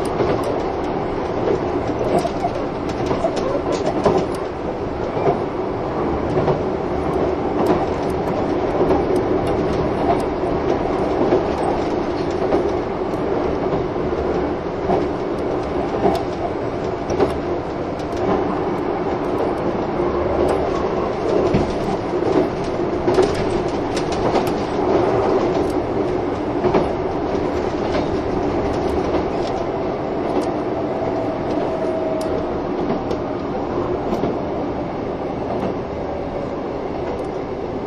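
A train runs steadily with a dense, constant low rumble and rolling hum, scattered with brief clicks and rattles throughout.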